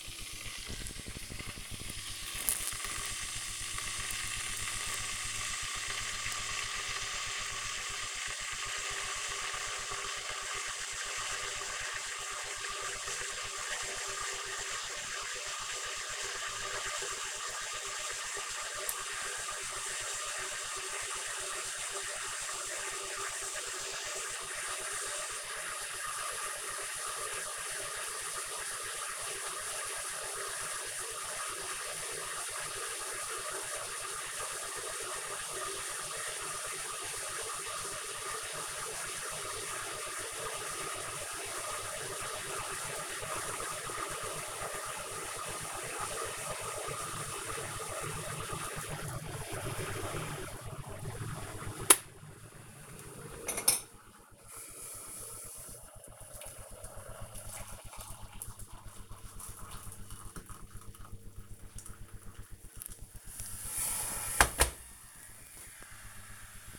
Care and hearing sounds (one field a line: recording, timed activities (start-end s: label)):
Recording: household activities, microphone on the right wrist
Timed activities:
0.00-64.52 s: making tea